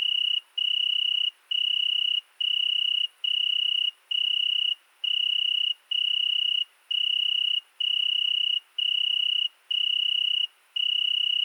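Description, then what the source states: Italian tree cricket giving a steady run of soft trilled bursts, each followed by a brief break, about thirteen in sequence, with no other sounds present. Single cricket singing at night, 22:30 on 13 August 2020 at Fourcinet ValMaravel, settled two nights in Virginia creeper under a window; recorded with Nagra Seven and MKH40 cardioid microphone.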